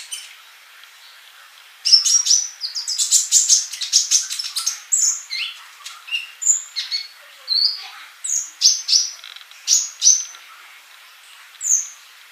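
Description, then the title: Bird song starts after a short quiet spell: a dense burst of scratchy high chirps, then separate whistled notes and twitters spaced out to the end. "Kicau Burung"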